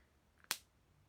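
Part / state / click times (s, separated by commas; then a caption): plastic cap onto alcohol ink marker / seated / 0.5 s. A plastic cap is pushed firmly onto the tip of an alcohol ink marker to keep it from drying out. A faint tick at 0.4 s is followed by a sharp, bright click at 0.5 s that quickly fades. The cap clicks closed and is seated on the marker.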